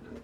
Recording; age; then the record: pig call; growing-finishing pig (85 days or more)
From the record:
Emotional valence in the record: positive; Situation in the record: run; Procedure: transit